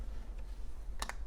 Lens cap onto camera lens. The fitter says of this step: make sure it clicks and let's show you more of the camera so here we have a screen